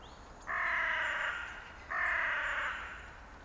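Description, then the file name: Carrion crow uttering two long, raspy caws separated by a short pause, with faint high bird chirps in the background. "Corvus corone"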